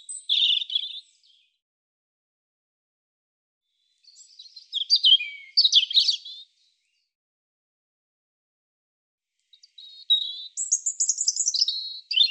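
European robin singing three spaced phrases of high, tinkling whistles and trills, each varied in pattern, separated by pauses of a few seconds.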